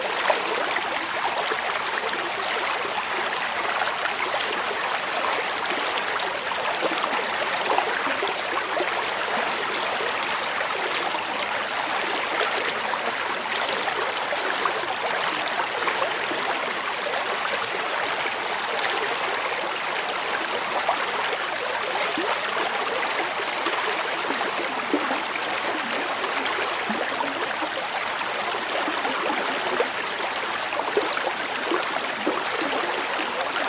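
A small river flows steadily through open countryside, its gentle rush of water continuous and even from start to finish. The sound is dense and bright, full of fine splashing and trickling detail, with little low rumble and no distinct events standing out.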